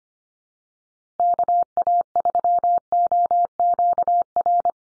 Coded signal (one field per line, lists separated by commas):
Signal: Morse code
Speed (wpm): 25 wpm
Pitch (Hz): 700 Hz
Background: none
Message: KA3OQR